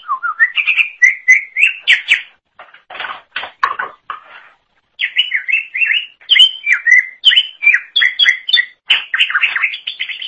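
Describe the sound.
Leafbird singing a long, varied warble of rising whistles, chattering notes and harsher rasps, with a brief pause midway.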